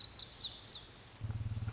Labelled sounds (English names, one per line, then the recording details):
Lazuli Bunting
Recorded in Sonoma County, California